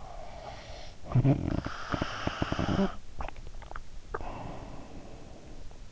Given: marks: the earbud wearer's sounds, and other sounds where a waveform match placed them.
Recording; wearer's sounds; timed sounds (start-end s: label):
sounds in sleep by an in-ear microphone; snoring breath, swallowing
0.00-5.75 s: snoring breath
3.11-3.79 s: swallowing